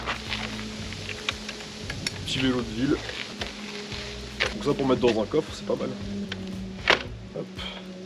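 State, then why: Not seated. A small folding city bike is handled as its metal frame hinge latch is closed, with someone talking over music and several short knocks and thuds throughout. Nothing has seated or clicked yet.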